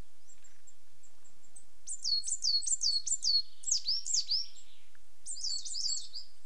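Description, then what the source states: Coal tits giving high-pitched calls: faint thin notes at first, then lively runs of sharp downslurred notes, some overlapping. Two pairs displaying to each other on a territorial boundary.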